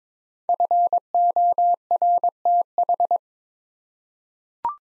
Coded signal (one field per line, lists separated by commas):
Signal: Morse code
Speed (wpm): 21 wpm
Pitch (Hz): 700 Hz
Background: none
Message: FORTH